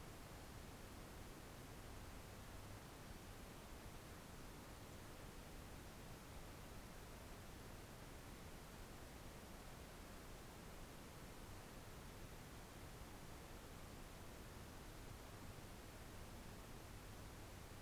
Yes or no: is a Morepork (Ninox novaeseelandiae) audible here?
no